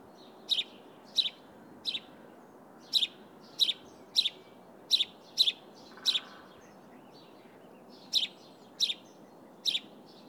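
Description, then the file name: House sparrow giving a run of clipped, high chirps with a pause late in the run, against faint steady hiss. "Passer domesticus"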